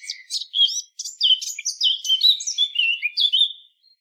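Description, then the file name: Eurasian blackcap song: a continuous rush of varied chattering and whistled notes, busy and fast. "Sylvia atricapilla"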